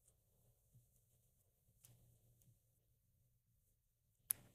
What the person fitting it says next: Okay, that's all snapped back in.